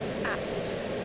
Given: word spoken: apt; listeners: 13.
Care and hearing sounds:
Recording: one English word in noise, from a listening test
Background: speech-shaped noise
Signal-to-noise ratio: -6.7 dB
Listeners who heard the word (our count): 3 of 13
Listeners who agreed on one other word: 10 of 13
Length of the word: 0.65 s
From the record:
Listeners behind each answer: 10, 3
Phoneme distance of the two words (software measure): 10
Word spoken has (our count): 1 syllable, 3 phonemes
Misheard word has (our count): 1 syllable, 3 phonemes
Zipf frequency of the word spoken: 3.24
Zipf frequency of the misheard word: 4.99

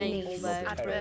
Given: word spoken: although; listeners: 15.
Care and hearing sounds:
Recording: one English word in noise, from a listening test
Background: four-talker babble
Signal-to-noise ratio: -0.7 dB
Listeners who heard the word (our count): 1 of 15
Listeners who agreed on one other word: 6 of 15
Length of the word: 0.61 s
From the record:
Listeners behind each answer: 6, 2, 1, 1, 1, 1, 1, 1, 1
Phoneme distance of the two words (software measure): 37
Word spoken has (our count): 2 syllables, 4 phonemes, stress on syllable 2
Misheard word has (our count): 1 syllable, 3 phonemes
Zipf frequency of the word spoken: 5.10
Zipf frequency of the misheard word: 3.70

